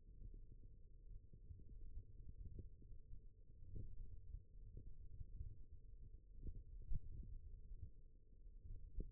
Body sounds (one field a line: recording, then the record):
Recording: forearm muscle sounds (acoustic myography)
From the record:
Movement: index flexion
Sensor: system 1, eight BSWA MPA416 microphones around the upper forearm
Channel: 7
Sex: male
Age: 21 years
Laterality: right